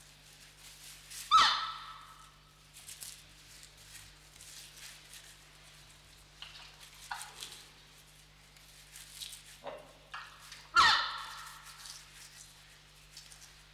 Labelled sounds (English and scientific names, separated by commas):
Red River Hog (Potamochoerus porcus) call